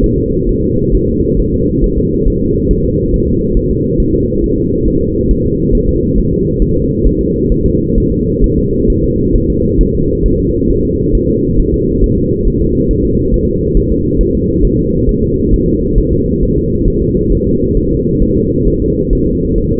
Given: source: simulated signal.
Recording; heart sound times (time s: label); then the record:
fetal heart sounds
0.04 s: S1
0.18 s: S2
0.49 s: S1
0.64 s: S2
0.95 s: S1
1.09 s: S2
1.40 s: S1
1.54 s: S2
1.84 s: S1
1.98 s: S2
2.28 s: S1
2.42 s: S2
2.71 s: S1
2.85 s: S2
3.14 s: S1
3.28 s: S2
3.57 s: S1
3.71 s: S2
4.00 s: S1
4.15 s: S2
4.44 s: S1
4.58 s: S2
4.88 s: S1
5.02 s: S2
5.31 s: S1
5.46 s: S2
5.75 s: S1
5.89 s: S2
6.18 s: S1
6.33 s: S2
6.62 s: S1
6.76 s: S2
7.07 s: S1
7.21 s: S2
7.52 s: S1
7.66 s: S2
7.98 s: S1
8.12 s: S2
8.44 s: S1
8.58 s: S2
8.90 s: S1
9.04 s: S2
9.36 s: S1
9.50 s: S2
9.81 s: S1
9.95 s: S2
10.26 s: S1
10.40 s: S2
10.71 s: S1
10.85 s: S2
11.15 s: S1
11.29 s: S2
11.60 s: S1
11.74 s: S2
12.04 s: S1
12.18 s: S2
12.47 s: S1
12.62 s: S2
12.91 s: S1
13.05 s: S2
13.34 s: S1
13.48 s: S2
13.77 s: S1
13.92 s: S2
14.21 s: S1
14.35 s: S2
14.65 s: S1
14.79 s: S2
15.09 s: S1
15.23 s: S2
15.54 s: S1
15.68 s: S2
15.98 s: S1
16.13 s: S2
16.43 s: S1
16.57 s: S2
16.88 s: S1
17.02 s: S2
17.32 s: S1
17.47 s: S2
17.77 s: S1
17.92 s: S2
18.22 s: S1
18.37 s: S2
18.68 s: S1
18.82 s: S2
19.13 s: S1
19.27 s: S2
19.58 s: S1
19.73 s: S2
From the record:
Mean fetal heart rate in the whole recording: 135 bpm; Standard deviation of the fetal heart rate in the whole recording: 3 bpm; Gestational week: 36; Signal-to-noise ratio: -14.7 dB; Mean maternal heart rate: 72 bpm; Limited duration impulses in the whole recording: present